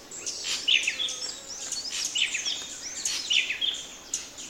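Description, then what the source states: Sunbird calls: repeated bursts of sharp, high, thin chipping notes over a steady high hiss. Forest.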